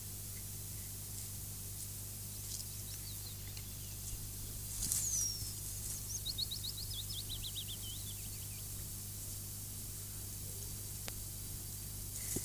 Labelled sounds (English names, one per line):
Eurasian Penduline Tit call